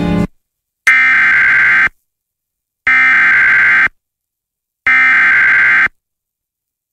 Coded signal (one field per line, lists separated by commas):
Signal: Emergency Alert System (SAME) tones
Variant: header bursts